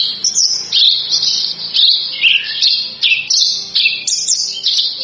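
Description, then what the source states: Javan bush lark song in dense, harsh high phrases, repeated in quick bursts. Bird singing vigorously and persistently; used as a lure.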